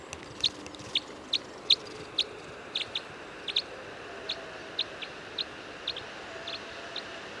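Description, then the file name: Red crossbill flight calls, a long series of short, sharp high chips, fading slightly toward the end. Type N red crossbill; flight calls. "Red Crossbill Type N - FCs"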